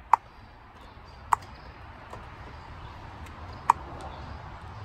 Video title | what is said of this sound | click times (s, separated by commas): How To: Change Sparkplugs In a Honda Accord (2003-2007 I4) | click in. Those are all set. | 0.1 s, 1.3 s, 3.7 s